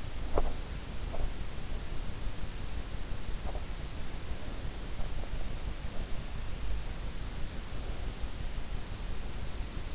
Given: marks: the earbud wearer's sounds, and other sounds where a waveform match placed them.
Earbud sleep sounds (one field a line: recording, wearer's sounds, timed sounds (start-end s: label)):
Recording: sounds in sleep by an in-ear microphone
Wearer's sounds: teeth grinding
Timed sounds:
0.00-0.92 s: teeth grinding